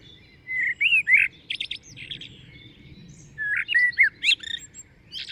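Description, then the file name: Common blackbird, two rich whistled phrases ending in sharp high chattering notes, separated by a short quiet gap, over faint low background noise. "Turdus merula"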